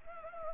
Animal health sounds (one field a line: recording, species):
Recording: mosquito wingbeat signal from an infrared sensor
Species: Anopheles gambiae